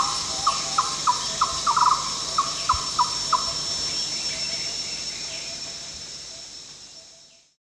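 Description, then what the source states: Yellow-crowned barbet calling: a run of hollow, evenly spaced notes about three per second with a brief trilled burst, stopping after three seconds over a steady high insect drone. Recorded at Danum on 1 July 2008.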